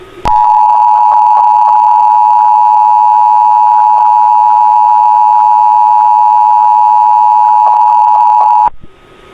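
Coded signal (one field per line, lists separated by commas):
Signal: Emergency Alert System (SAME) tones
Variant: 853 and 960 Hz attention tone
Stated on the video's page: Remade recreation of a hijacked 2011 National EAS Test.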